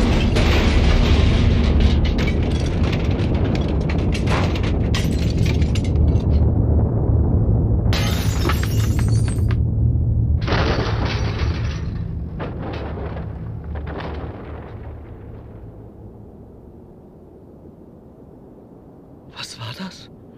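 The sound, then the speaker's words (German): A car engine blows up in a long, loud, roaring burst of explosive crashing and rattling as the car falls apart, with sharp bangs breaking through before the noise gradually fades, then one last clatter. “Das war mal unser Auto. Aber das kann doch nicht sein. Auseinandergefallen. Wie Schrott.”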